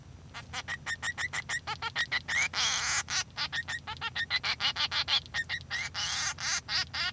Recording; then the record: song of a male Bengalese finch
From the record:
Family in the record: son of father 3